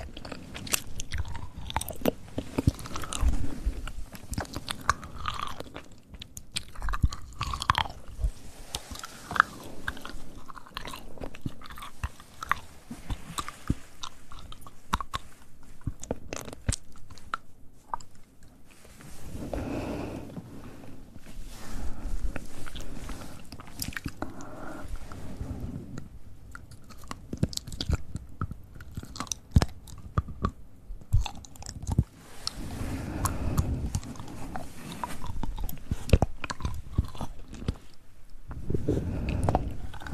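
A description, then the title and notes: Wet mouth sounds fill the whole stretch, with dense clicks, smacks and crunchy chewing-like bites coming in quick irregular bursts. A soft low rumble sits underneath, swelling around 20 and 35 seconds, and there is a brief hush near 18 seconds. ASMR Tingly Mouth Sounds.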